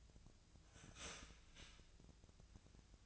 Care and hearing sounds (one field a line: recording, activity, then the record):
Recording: daily activity, microphone in the room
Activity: start toaster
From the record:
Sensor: 2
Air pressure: 1009.1 hPa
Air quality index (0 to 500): 186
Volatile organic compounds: 11 ppm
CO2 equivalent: 2311 ppm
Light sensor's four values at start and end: 23/56/24/26 and 23/56/24/26